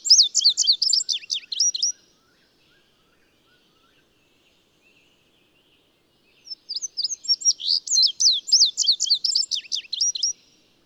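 Bird song: two bursts of rapid, high twittering and sweeping whistled notes, separated by a few seconds of silence.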